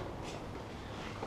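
A plastic fairing panel is pressed onto the body clips of a Yamaha FJ-09 / MT-09 Tracer motorcycle. Only a steady, even background noise is heard, with no distinct knock, tap or click. Nothing has seated yet; the panel fails to seat, possibly because a clip tab is in the way.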